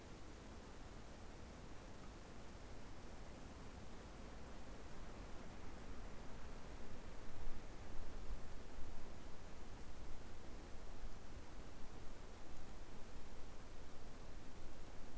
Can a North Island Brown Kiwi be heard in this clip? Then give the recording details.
no. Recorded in New Zealand on 19 October 2013. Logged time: 01:58. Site CR37